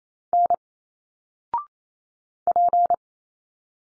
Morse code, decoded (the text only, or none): N P